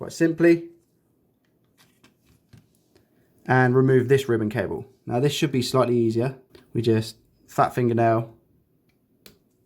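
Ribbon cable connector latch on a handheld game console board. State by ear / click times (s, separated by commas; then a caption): released / 9.3 s. Someone talks while prying open the flip latch of the screen's ribbon-cable connector with a flat fingernail on a Nintendo DS Lite board during a bottom LCD screen replacement. A few faint small taps come in the pauses, then a sharp click at 9.3 s as the latch releases and is open.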